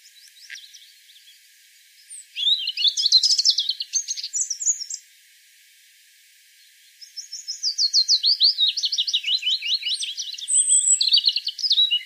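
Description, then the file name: European robin song: a high jumbled phrase, a pause, then a long run of rapid, sweet, trilled notes. "Erithacus rubecula"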